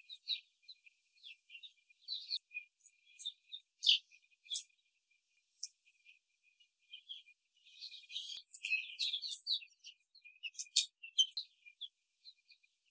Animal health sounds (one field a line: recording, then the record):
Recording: young laying hens in a cage, short pieces joined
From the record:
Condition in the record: before the stressor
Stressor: simulated dog barking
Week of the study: 3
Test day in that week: 2